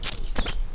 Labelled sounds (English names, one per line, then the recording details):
Stitchbird song
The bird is a male
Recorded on Tiritiri Matangi Island, New Zealand, in 2005
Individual 22, of nest box 31